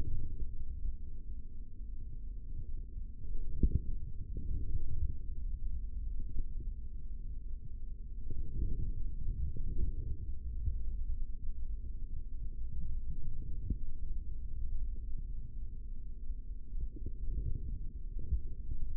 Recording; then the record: forearm muscle sounds (acoustic myography)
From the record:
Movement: forearm supination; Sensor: system 3, bracelet of six PUI Audio POM-2738L microphones around the upper forearm, with dedicated amplification and filtering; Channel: 4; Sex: male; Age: 25 years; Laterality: right